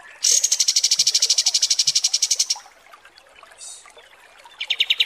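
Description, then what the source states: Kapas tembak: small bird song: a bright, fast high trill for two seconds, a short pause with a faint note, then a lower trill starting at the end. Masteran (song tutor) for training songbirds, kapas tembak song.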